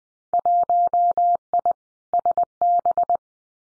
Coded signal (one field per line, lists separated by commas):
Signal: Morse code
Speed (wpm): 20 wpm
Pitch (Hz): 700 Hz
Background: none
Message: 1I SB